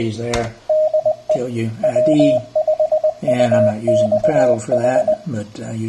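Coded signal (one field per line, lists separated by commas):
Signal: Morse code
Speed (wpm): 20 wpm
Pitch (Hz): 620 Hz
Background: speech, radio noise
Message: DE W5UXH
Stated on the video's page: Morse sent by a homebuilt PICadillo 35T-based keyer without an internal speaker, sending an eBook text file.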